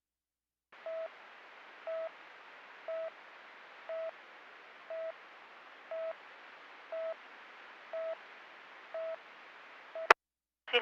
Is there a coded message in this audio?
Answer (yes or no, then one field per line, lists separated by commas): no